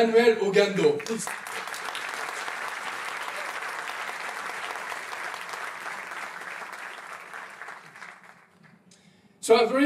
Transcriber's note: applause